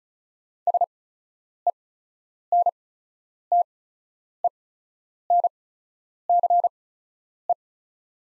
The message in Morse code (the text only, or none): SENTENCE